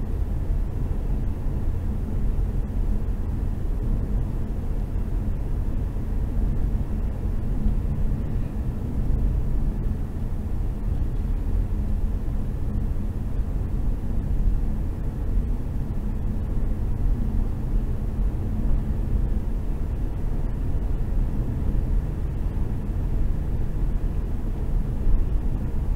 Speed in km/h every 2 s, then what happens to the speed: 103, 103, 104, 105, 105, 104, 105, 106, 108, 109, 111, 111, 112.
0-26 steady at about 105.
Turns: none.